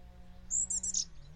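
Bird call: a short, high whistle, then a rapid burst of scratchy twittering notes, over a faint low hum.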